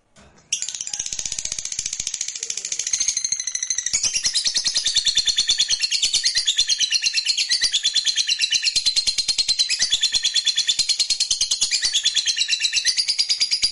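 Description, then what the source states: Lovebird bursts into a long, high, rattling trill after a brief quiet start, the rapid buzzy pulses running on steadily and unbroken to the end. Fighter lovebird performing ngekek panjang, a long continuous trill.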